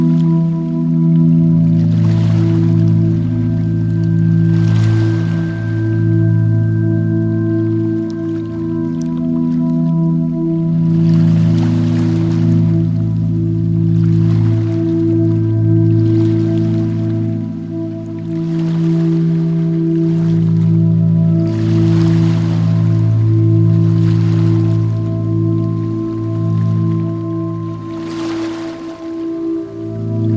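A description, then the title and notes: Calm ocean waves wash in every three to four seconds, each a soft hissing swell that rises and fades. Beneath them, relaxing music holds a warm, low sustained chord with a few faint higher tones, keeping the level even throughout. Beach Sunset Ambience, Calm Ocean Waves & Relaxing Music. The soothing melodies of relaxing music blend harmoniously with the gentle symphony of ocean sounds and the enchanting ambience of a beach sunset.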